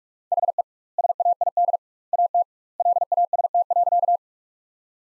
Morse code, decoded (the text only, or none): HE SAID AT LAST.